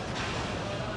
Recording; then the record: background sound without coughing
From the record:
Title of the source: 30 MINUTES Construction Site Ambience (CC BY 4.0)